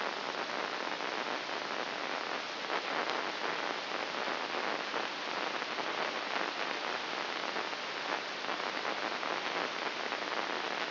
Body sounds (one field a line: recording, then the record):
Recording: brain microelectrode recording played as sound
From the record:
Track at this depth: inside the subthalamic nucleus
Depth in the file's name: 4.402 mm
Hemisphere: right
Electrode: 2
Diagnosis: Parkinson's disease